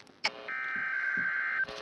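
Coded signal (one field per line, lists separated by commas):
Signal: Emergency Alert System (SAME) tones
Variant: header bursts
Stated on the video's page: Compilation of EAS test tones received in November 2022.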